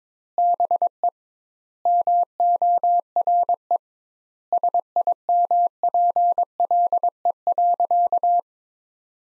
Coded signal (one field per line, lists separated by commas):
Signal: Morse code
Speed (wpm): 21 wpm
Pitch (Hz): 700 Hz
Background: none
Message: BE MORE SIMPLE.